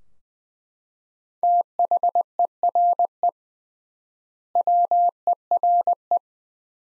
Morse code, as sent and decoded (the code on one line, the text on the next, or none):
- .... . .-. . / .-- . .-. .
THERE WERE